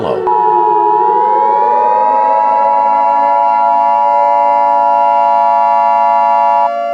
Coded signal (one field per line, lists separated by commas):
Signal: Emergency Alert System (SAME) tones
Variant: 853 and 960 Hz attention tone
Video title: EAS Scenario #3 - The Lightspeed Megatornado